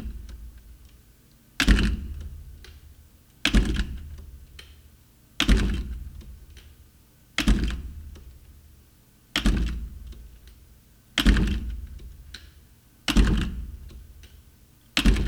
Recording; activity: daily activity, guitar pickup as the sensor; manipulate door